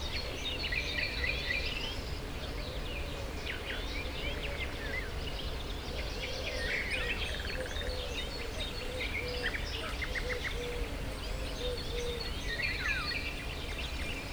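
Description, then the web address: Birds calling in a busy chorus: many overlapping chirps, short trills and whistled notes from several species over a steady low rumble of background noise. Recorded at the Hortobágy fishponds, Hungary, in 2014, near the inner terminus of the narrow-gauge railway, amid diverse birdlife. "hanggyujtemeny kisvasut hortobagyihalastavak 2014 termeszet sokszinumadarvilag belsovegallomas"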